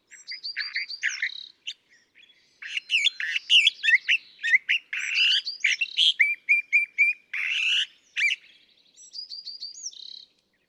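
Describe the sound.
California thrasher song, a long run of varied chirps, slurred whistles and harsh notes, with short pauses between bursts.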